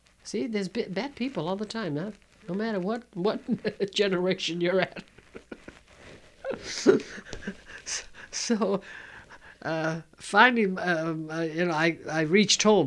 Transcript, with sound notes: See, there's bad people all the time, no matter what generation you're at. ( she laughs ) So finally, you know, I reached home.